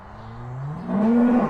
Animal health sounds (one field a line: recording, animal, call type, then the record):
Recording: contact call of a hoofed animal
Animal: cattle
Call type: low-frequency (closed-mouth) or high-frequency (open-mouth) call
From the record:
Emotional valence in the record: negative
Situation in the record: physical separation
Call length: 1.50 s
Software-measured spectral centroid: 900 Hz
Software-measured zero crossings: 770 a second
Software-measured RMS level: -22 dBFS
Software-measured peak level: -9 dBFS